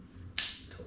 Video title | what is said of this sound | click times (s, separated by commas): NEW KAKU ZULU from ST AUGUSTINE PADDLE SPORTS | it snaps. Bam. Just like that. | 0.4 s